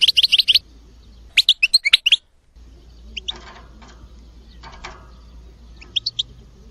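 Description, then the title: Bird song of quick bright chirp runs at the start, then sparse scattered chirps over a low hum. "oiseau5000kader"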